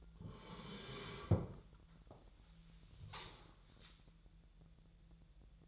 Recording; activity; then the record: daily activity, microphone in the room; sit down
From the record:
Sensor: 3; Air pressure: 1001.9 hPa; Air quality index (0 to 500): 249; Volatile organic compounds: 130 ppm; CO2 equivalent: 3930 ppm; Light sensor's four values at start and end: 10/23/9/10 and 8/18/8/8